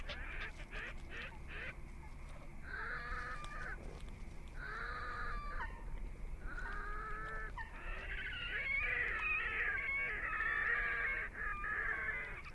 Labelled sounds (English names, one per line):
Red-necked Grebe call